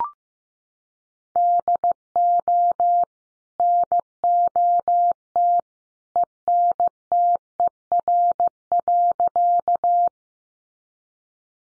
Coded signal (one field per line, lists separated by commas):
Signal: Morse code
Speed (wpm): 15 wpm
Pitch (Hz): 700 Hz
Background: none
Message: DO NOT ENTER.